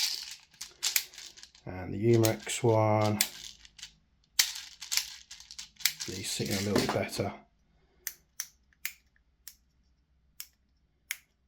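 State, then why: Seated. Six rounds are pushed one by one into a plastic speed-loader shell holder for an air revolver, and each clicks into place and holds. Someone talks first, and then six sharp clicks land at 8.1, 8.4, 8.9, 9.5, 10.4 and 11.1 seconds as the rounds seat.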